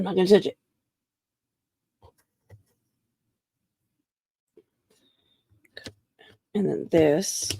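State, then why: Not seated. Someone talks while handling a wooden puzzle piece at the frame of a wooden jewelry puzzle box, working it toward its slot. Between the talking there are faint taps and a few short, sharp handling ticks around 5.7–5.9 seconds. Nothing has seated or clicked into place yet.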